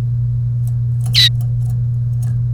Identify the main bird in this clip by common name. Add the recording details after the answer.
Domestic Canary. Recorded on 1 May 2018 at 09:23. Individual llb3